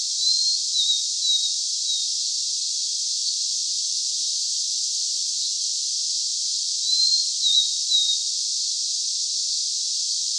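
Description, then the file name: Blue-and-white flycatcher, two short phrases of three to four thin whistles about seven seconds apart, over a constant hiss. "Cyanoptila cyanomelana"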